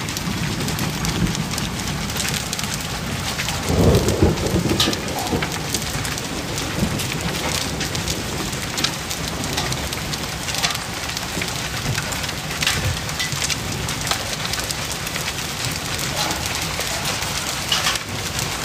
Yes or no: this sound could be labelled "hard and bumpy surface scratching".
no